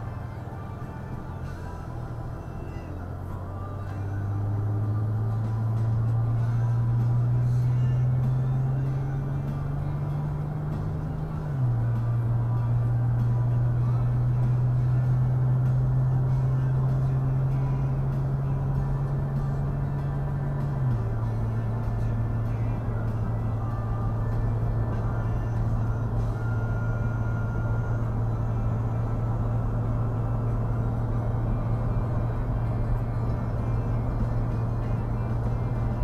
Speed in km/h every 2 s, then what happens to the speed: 0, 0, 0, 0, 0, 0, 0, 0, 0, 76, 77, 77, 82, 77, 82, 82, 85, 84.
0-16 standing. 16-36 pulls away to 84.